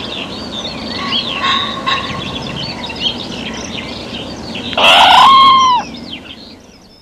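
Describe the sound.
Red squirrel uttering a single strained, drawn-out cry with a slightly falling tail, after a stretch of mixed small-bird chirps and trills.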